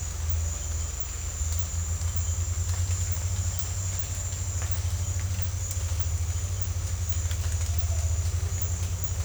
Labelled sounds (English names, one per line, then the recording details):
none
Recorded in dense forest near Puerto Asís, Putumayo, Colombia, on 21 December 2024 at 08:00
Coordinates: 0.468, -76.322
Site G071